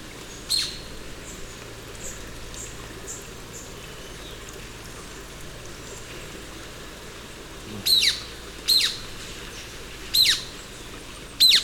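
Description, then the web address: Golden-crowned flycatcher with one high squeaky call, a long gap, then four sharp squeaks in fairly quick succession, over low hum and hiss. Recorded in Ecuador. "Natures Songs S America Birds of Ecuador. Golden-Crowned Flycatcher"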